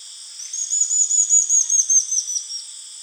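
A Rio Madeira stipplethroat gives a fast, thin, high trill of repeated notes lasting roughly two seconds, with a continuous insect buzz behind it.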